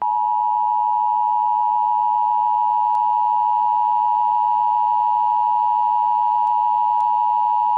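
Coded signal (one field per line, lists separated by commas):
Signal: Emergency Alert System (SAME) tones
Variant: 853 and 960 Hz attention tone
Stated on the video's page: Simulated EAS blizzard warning scenario.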